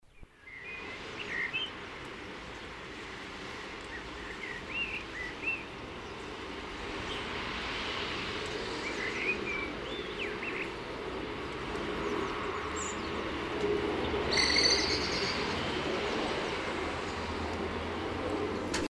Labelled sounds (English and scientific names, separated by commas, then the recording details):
Common Blackbird (Turdus merula) song
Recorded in the wild
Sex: male
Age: adult
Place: Kaiserslautern, Rheinland-Pfalz, DE
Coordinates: 49.4247, 7.77889
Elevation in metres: 279
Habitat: garden
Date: 1977-04-13
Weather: Wind, Regen
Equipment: Nagra IV, Sennheiser MKH 405, Parabolreflektor
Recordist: Tretzel, Erwin
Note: Im Garten bei Frentzel, Aufnahme durch offenes Wohnzimmerfenster, Kaiserslautern: Gesang